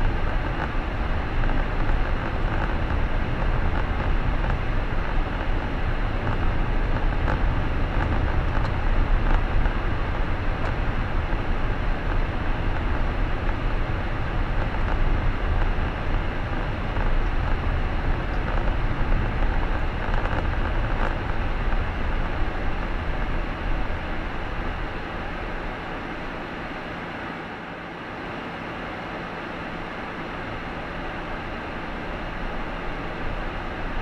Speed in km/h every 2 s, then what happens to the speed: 31, 33, 35, 36, 36, 36, 35, 34, 33, 32, 28, 21, 12, 0, 0, 9, 14.
0-19 steady at about 34. 19-25 brakes to 0. 25-29 standing. 29-34 pulls away to 14.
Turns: none.